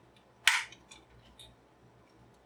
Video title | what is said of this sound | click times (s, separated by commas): LOGITECH Trackman Trackball switch replacement FIX - Discontinued trackball! | snapped in place through the center screw first | 0.5 s